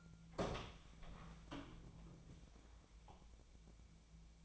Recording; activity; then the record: daily activity, microphone in the room; open door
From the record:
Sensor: 1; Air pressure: 1000.5 hPa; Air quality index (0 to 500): 184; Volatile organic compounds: 4 ppm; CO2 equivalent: 1693 ppm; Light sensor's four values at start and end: 12/29/12/14 and 13/30/12/14